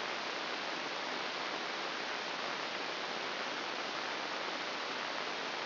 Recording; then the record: brain microelectrode recording played as sound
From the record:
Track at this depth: inside the subthalamic nucleus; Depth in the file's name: 1.007 mm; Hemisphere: right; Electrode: 2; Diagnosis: Parkinson's disease